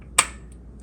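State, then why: Seated. The number four spark plug cap on a Honda CB550 motorcycle is pressed onto its spark plug, with the tank left on and lifted a little. A single sharp, bright click at 0.2 s marks the cap seating onto the plug, followed by two very faint ticks at 0.5 s and 0.8 s over a low background hum.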